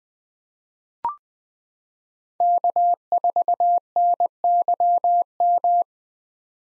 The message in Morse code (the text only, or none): K4NYM